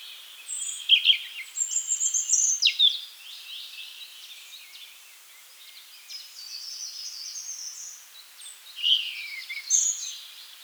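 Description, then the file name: European robin song, high thin tinkling phrases with sliding whistles and trills, in several bursts separated by quieter pauses. "Erithacus rubecula"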